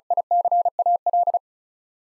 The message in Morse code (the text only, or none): ICAL